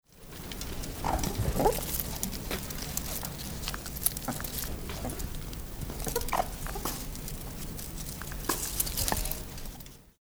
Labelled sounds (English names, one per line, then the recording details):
Meerkat
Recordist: Tembrock, Günter
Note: Laute beim Fressen